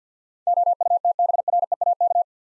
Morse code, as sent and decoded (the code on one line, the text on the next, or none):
--- ..- - -... .-. . .- -.-
OUTBREAK